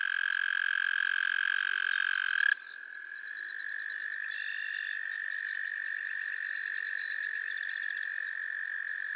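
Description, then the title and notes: Frogs calling in chorus: a loud trill stops abruptly, and a second, softer sustained trill carries on beneath faint high chirps. Chorus of frogs calling to one another on a summer evening at Miners Marsh, Annapolis Valley, Nova Scotia. "Theraphonia - Frogsong at Miners Marsh. A chorus of frogs croon to one another on an idyllic summer evening in Miners Marsh, Annapolis Valley, Nova Scotia"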